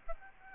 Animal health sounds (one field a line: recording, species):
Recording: mosquito wingbeat signal from an infrared sensor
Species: Aedes albopictus